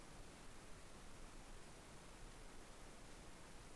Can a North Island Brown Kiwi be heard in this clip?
no